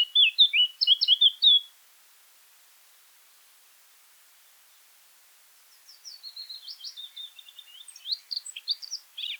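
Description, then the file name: Eurasian blackcap song: a brief loud chattering warble, several seconds of silence, then a quieter rambling warble building to sharper notes. "Sylvia atricapilla"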